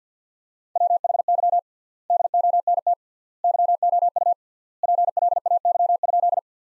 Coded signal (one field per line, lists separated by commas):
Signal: Morse code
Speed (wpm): 50 wpm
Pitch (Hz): 700 Hz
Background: none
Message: WHY DONT YOU PLAY?